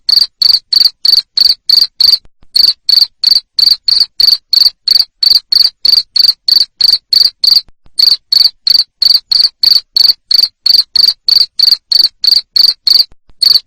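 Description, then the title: Cricket chirping continuously, high-pitched trilled bursts repeated about three times per second, with a few short gaps. Loud cricket chirping played to stimulate lovebirds into continuous ngekek singing. "Suara JANGKRIK NGERIK Keras Bikin LOVEBIRD Jadi NGEKEK Terus Vubey"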